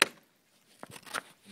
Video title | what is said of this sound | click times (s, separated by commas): Camper setup 2 | once it's in place you're just going to push on inside coming snaps in place and | 0.0 s